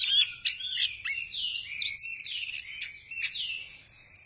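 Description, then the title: Thrush song: continuous warbling stream of sweeping whistles and sharp chips, fluid and varied, carried without a break throughout. "burung anis"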